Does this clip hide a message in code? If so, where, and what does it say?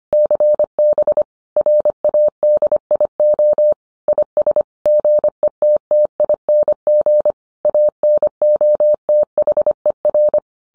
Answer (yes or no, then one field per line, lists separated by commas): yes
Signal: Morse code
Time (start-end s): 0.1-10.4 s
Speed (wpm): 25 wpm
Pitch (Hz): 600 Hz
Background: none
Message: CB RADIO IS GETTING ANOTHER